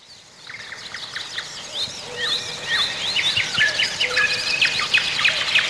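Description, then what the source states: Songbirds in a morning chorus, several birds overlapping with whistled phrases, trills and chirps, building in loudness after a quiet start. Morning chorus of songbirds in spring.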